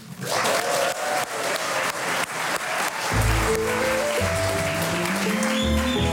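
crowd, studio audience applause

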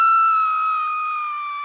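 sound effect, woman screaming

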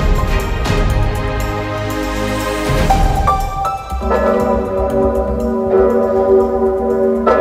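signal or alarm, large cathedral bell tolling

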